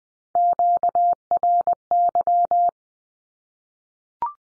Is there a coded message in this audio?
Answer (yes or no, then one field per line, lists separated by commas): yes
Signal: Morse code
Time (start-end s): 0.4-2.7 s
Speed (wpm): 20 wpm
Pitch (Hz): 700 Hz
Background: none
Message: QRY